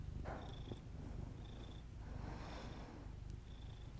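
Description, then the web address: Purring cat, an even low vibrating drone, with soft rhythmic breaths and a thin high tone recurring over it. Pet cat purring, recorded alongside the owner's heavy breathing as ASMR audio. "Miss Because. Just Purrs [ASMR][Literally just my cat purring and my heavy breathing]"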